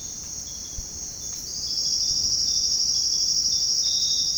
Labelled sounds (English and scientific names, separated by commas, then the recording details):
Silvered Antbird (Sclateria naevia)
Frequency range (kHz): Silvered Antbird (Sclateria naevia) 4.0-6.5 kHz
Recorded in dense forest near Puerto Asís, Putumayo, Colombia, on 18 February 2024 at 08:00
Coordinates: 0.485, -76.325
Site G6429